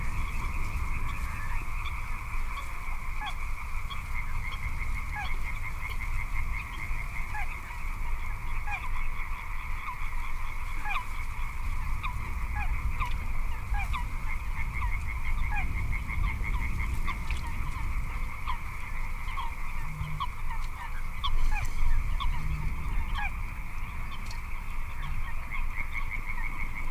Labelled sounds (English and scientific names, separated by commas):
Little Crake (Porzana parva)